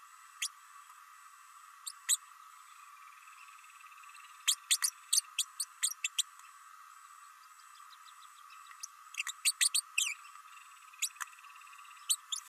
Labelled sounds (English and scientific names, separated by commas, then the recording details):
Green-rumped Parrotlet (Forpus passerinus) babbling
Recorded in a nest box in Venezuela
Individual 18B104A5